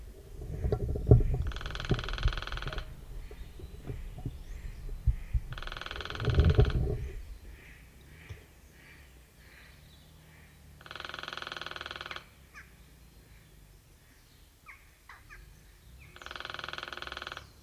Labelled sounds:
Lesser Spotted Woodpecker drumming

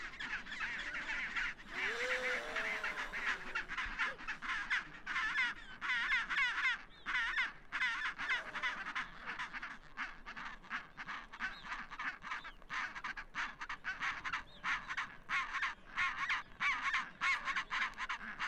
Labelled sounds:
Chinstrap Penguin call

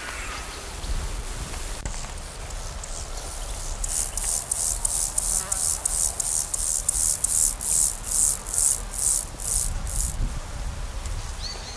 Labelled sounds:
Lesser Field Grasshopper stridulation

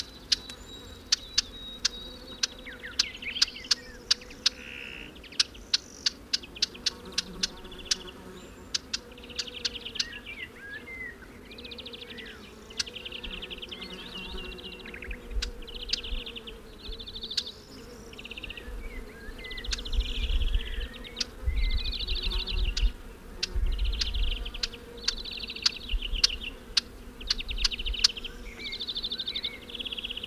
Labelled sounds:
Western Orphean Warbler call

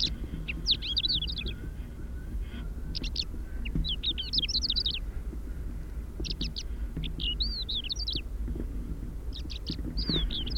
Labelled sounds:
Greater Short-toed Lark song

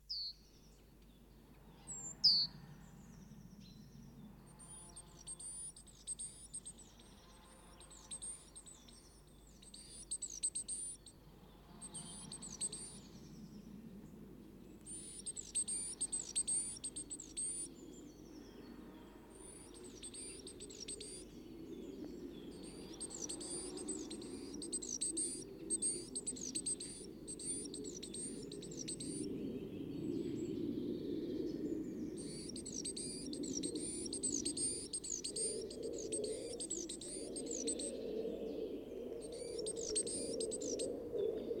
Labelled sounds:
Great Tit

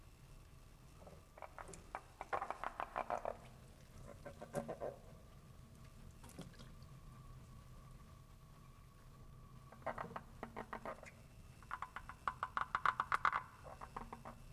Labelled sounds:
Edible Frog call

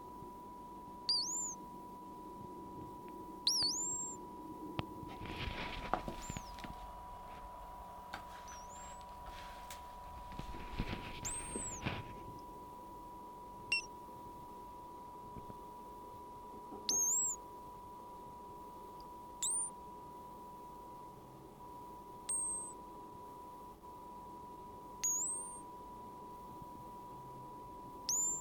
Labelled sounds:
Hazel Dormouse

